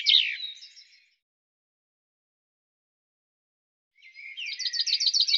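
Bird song, the end of one high chirping phrase, a long silence, then the start of a new rapid trill.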